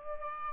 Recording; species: mosquito wingbeat signal from an infrared sensor; Culex pipiens